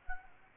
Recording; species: mosquito wingbeat signal from an infrared sensor; Aedes aegypti